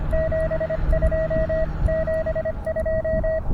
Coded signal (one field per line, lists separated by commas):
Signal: Morse code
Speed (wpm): 26 wpm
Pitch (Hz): 630 Hz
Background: none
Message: 72 72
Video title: QRP POTA Antenna Shootout! POTAPREformer vs. 29' EFRW - RBN Tested.